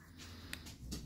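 On a plastic transforming robot toy, parts are brought down so the back piece can be worked loose. A sharp click at 0.5 s marks the plastic back piece popping free of the toy body, followed by a softer knock near 0.9 s. The back piece is released.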